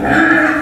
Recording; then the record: squeal of a Yucatan mini pig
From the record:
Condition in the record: after surgery on the right vocal fold (resection and tissue-engineered implant); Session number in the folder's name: 4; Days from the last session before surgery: 26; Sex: female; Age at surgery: 19 weeks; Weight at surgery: 25 kg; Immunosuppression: prednisolone